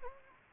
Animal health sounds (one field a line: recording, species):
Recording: mosquito wingbeat signal from an infrared sensor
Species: Anopheles gambiae